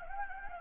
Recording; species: mosquito wingbeat signal from an infrared sensor; Anopheles gambiae